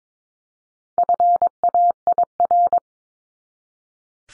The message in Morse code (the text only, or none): FAIR